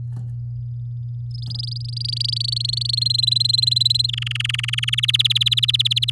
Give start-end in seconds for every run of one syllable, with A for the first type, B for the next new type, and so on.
1.31-2.95 A, 2.97-4.07 B, 4.08-4.90 C, 4.92-6.10 D